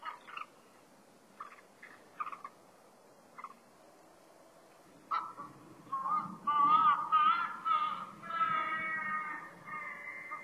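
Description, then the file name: Crested ibis giving several short, harsh nasal notes, then a run of loud, drawn-out, honking calls over a low background rumble. Recorded on Sado, Japan. "toki sadonegura"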